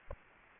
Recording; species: mosquito wingbeat signal from an infrared sensor; Aedes aegypti